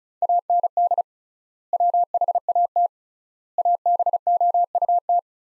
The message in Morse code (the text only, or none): AND WHAT ABOUT